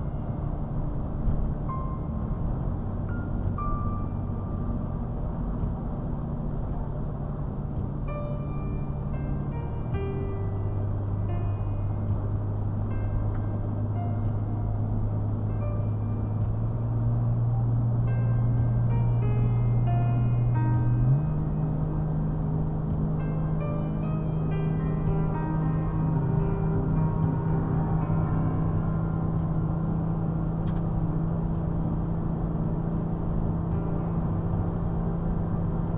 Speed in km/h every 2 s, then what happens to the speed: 79, 84, 85, 84, 81, 79, 79, 79, 79, 81, 82, 84, 85, 87, 87, 89, 90, 90.
0-3 speeds up to 85. 3-16 steady at about 79. 16-36 speeds up to 90.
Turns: none.